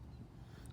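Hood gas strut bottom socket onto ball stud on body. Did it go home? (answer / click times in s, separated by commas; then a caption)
no / none. A hood gas strut's bottom socket is pressed toward the ball stud on the body of a Nissan Murano, but the hood is not open enough for the ball to fit into place, so it is backed out. A steady low rumble fills the clip, with one faint, brief high tick at 0.7 s. Nothing has seated or clicked yet.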